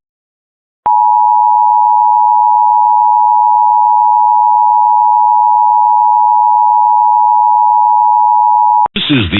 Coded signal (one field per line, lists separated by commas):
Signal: Emergency Alert System (SAME) tones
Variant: 853 and 960 Hz attention tone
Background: speech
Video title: More Overnight Monthly Tests (EAS #302-314) 4/8-9/24